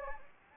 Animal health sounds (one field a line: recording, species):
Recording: mosquito wingbeat signal from an infrared sensor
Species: Anopheles gambiae